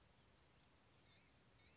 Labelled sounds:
Blue-gray Gnatcatcher
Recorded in Sonoma County, California

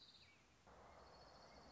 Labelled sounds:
Orange-crowned Warbler
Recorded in Sonoma County, California

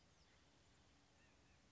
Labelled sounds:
White-breasted Nuthatch
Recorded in Sonoma County, California

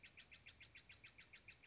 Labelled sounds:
Steller's Jay
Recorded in Sonoma County, California

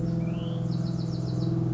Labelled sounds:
Bewick's Wren
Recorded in Sonoma County, California

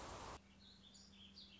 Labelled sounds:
Warbling Vireo
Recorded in Sonoma County, California

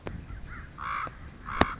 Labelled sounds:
Common Raven
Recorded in Sonoma County, California

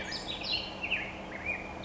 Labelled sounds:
Black-headed Grosbeak
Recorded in Sonoma County, California

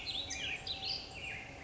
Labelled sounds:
Black-headed Grosbeak
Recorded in Sonoma County, California

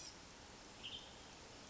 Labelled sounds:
Western Tanager
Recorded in Sonoma County, California

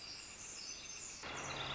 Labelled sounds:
Northern Flicker
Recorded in Sonoma County, California

